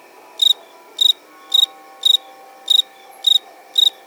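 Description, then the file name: Cricket giving bright, trilled chirps at an even pace, seven in about four seconds, over a faint steady background hum. "Grillo"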